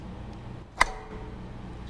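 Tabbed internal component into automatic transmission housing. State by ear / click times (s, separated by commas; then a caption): seated / 0.8 s. A tabbed internal assembly being rebuilt for a 4L60E automatic transmission is lowered into the transmission housing with its tabs lined up with the large indentations, then pressed evenly down. A single sharp click at 0.8 s rises above low background noise as it seats into place in the housing.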